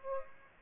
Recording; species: mosquito wingbeat signal from an infrared sensor; Aedes aegypti